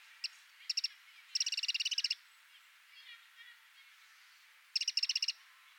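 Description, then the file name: Eurasian wren churring in fast dry rattles: a few clicks, a longer burst, then another rattle. "Troglodytes troglodytes"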